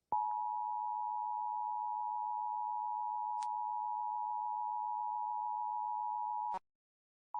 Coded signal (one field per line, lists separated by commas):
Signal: Emergency Alert System (SAME) tones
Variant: 853 and 960 Hz attention tone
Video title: (WBTW) Emergency Alert System Tornado Warning - Dillon County, SC (July 11, 2016)